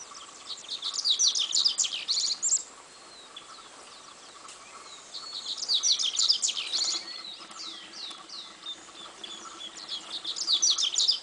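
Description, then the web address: Double-collared seedeater singing fast, high, jumbled twittering phrases in three bursts, near one, six and eleven seconds, separated by quieter scattered notes, with a low steady hum behind. "coleirinho. canto"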